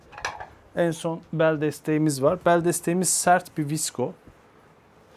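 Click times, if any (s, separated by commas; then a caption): 0.2 s. A magnetic plastic side cover is pressed onto the side frame of an assembled xDrive Hira gaming chair, and it snaps into place with sharp clicks at 0.2 s and 0.3 s as the magnet pulls it home. Someone then talks for the rest of the clip.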